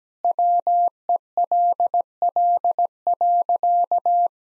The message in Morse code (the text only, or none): WELL.